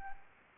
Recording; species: mosquito wingbeat signal from an infrared sensor; Anopheles gambiae